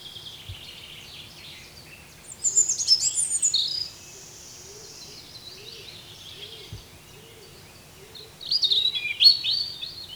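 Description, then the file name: European robin song in two high, tinkling warbled phrases separated by a long pause, while soft, low, repeated notes pulse in the background. "Erithacus rubecula"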